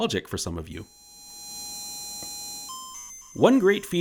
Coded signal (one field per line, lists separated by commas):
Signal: ZX Spectrum tape loading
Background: speech